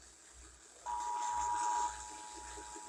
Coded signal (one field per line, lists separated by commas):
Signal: Emergency Alert System (SAME) tones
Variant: 853 and 960 Hz attention tone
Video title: EASyPLUS SPOTTED! EAS Tests from September 2023